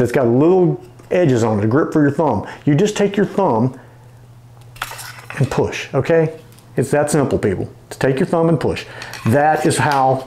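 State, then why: Released. A fixed-blade knife is released from its hard plastic snap-in sheath by a thumb pushing on the sheath's thumb grip. Someone talks, and at 4.8 s there is a sharp click as the knife pops free of the sheath.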